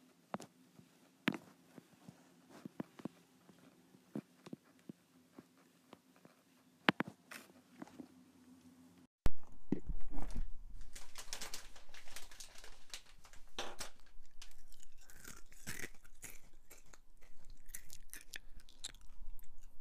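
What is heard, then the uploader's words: Snacking on crisps and chocolate, with sharp crunches and crinkles popping out over a low steady hum for the first nine seconds. After a brief cut, the sound turns much denser and louder, with rapid overlapping crackles and rustles continuing to the end. Crisps, chocolate, Bruch pop-it.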